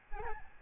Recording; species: mosquito wingbeat signal from an infrared sensor; Aedes albopictus